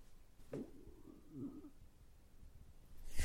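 A faint, low, squeaky gurgle rises and falls for about a second against quiet room noise. It is an adult man's empty stomach rumbling (borborygmi), an ordinary hunger noise, heard in the evening on the last fast day of a two-week fast.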